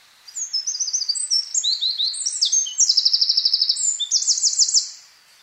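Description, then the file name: Eurasian wren song, a fast, loud, high-pitched outpouring of twittering notes and buzzy rattling trills, lasting about four and a half seconds. "Troglodytes troglodytes"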